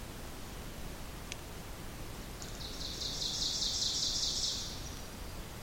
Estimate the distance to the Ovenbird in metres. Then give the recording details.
about 40 m. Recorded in boreal forest in Alberta, Canada, on 2 June 2016 at 06:45. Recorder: SongMeter 3, array SBT-3-7. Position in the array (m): 193 m, 4 m. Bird 6